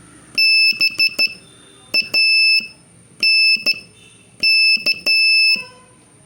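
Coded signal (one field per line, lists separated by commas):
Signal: Morse code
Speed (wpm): 12 wpm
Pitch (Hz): 2650 Hz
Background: none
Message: BANK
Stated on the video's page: Beginner Morse practice drill adding R and K to earlier letters, sending three- and four-letter words.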